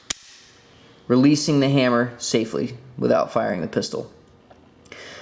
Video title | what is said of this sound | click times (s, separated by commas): Sig Sauer P226 Cerakote 9mm | when it gets all the way down to the bottom it'll snap into place | 0.1 s